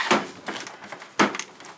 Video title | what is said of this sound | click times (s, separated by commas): THUNDERCATS Cats Lair Super 7 Unboxing and full review. | And again, like it doesn't lock in as far as I know. | none